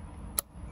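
A plastic trim piece is pushed into a leather steering wheel during a Honda CR-V steering wheel install. A single loud, sharp snap rings out at 0.4 s over low, steady background noise. The trim piece snaps into place and is seated.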